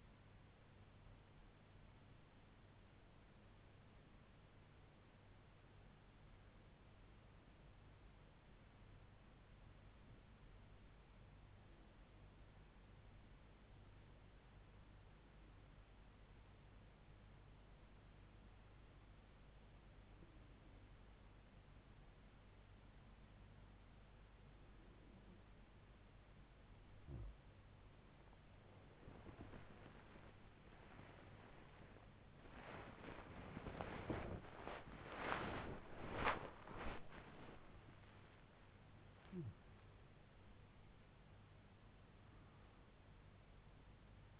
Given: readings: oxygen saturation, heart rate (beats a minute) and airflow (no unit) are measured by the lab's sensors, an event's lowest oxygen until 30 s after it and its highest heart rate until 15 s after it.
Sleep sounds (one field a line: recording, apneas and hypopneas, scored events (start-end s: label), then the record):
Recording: a person awake in a sleep study, by a voice recorder at the bedside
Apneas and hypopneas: 1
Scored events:
8.00-28.50 s: hypopnea (REM, oxygen 93% highest, then 92% lowest, heart rate 76 at the start, 96 highest)
17.00-44.40 s: new sleep stage, awake
From the record:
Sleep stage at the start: REM sleep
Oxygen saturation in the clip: 92 to 93%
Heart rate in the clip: 75 to 96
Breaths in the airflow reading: 10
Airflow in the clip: -6.7 to 6.0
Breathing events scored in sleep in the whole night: 158 in 7.3 hours asleep